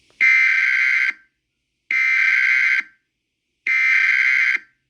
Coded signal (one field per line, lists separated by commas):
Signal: Emergency Alert System (SAME) tones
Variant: header bursts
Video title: Eas scenario Scp-001 as 35mm (July 26th 2008)